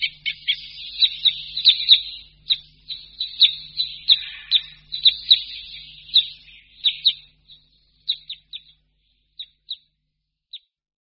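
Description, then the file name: Red crossbill chips: a busy stream of sharp, high notes that thins out into a few isolated calls separated by longer silences. "Křivka-obecná"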